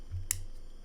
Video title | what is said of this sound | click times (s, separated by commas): Insta360 Ace Pro Magnetic Clip Magic - Other Quick Release Solutions for Action Cams Explored! | that's that's you can hear the click better there right there | 0.3 s